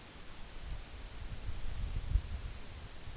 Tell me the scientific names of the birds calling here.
none